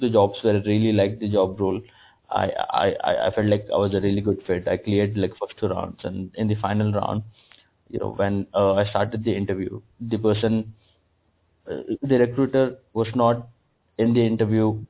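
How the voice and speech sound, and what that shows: An adult man speaks in mostly fluent stretches, broken by a fourfold repetition of "I", prolonged sounds and silent pauses of up to over a second. These repetitions and blocks are stammering (developmental stuttering), present since lower kindergarten and triggered by nervousness and unfamiliar people.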